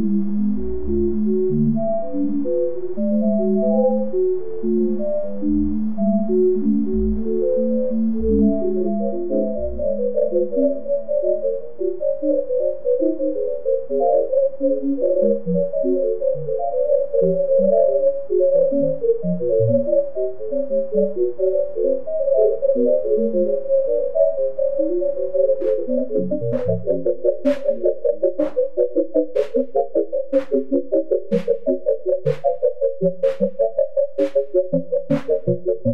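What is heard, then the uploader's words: Dense tones from a sonification of star catalogues twinkle in a midrange cloud, low notes fading early, sharp regular clicks entering near the end. A sonification of stellar catalogues through the history of astrometry. The sonification of each catalogue lasts about 15 seconds in this clip; the various astronomical parameters provided in each catalogue were mapped into different dimensions in a soundscape.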